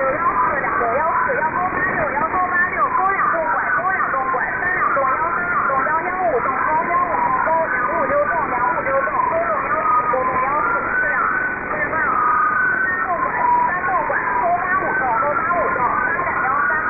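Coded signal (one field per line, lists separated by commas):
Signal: unidentified radio signal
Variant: VC03, Chinese Robot type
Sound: continuous robotic warbling tones over hiss, steady level throughout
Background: radio static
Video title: Shortwave oddity, Chinese Robot cousin, Chinese VC03, 7548 kHz, USB mode, 28 May, 2023, 1306 UTC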